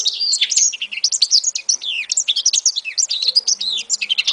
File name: africancitril